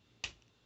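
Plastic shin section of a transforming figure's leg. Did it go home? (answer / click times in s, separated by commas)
yes / 0.2 s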